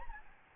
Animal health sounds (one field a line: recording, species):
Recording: mosquito wingbeat signal from an infrared sensor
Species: Aedes albopictus